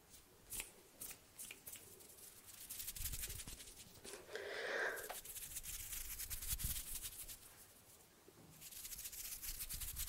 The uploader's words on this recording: ASMR HAND SOUNDS, SNAPPING and FINGER FLUTTERING around the mic NO TALKING.